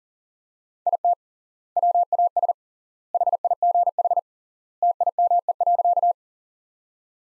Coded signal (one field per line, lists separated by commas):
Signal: Morse code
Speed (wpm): 37 wpm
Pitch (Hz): 700 Hz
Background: none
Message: IT WAS HIGH TIME.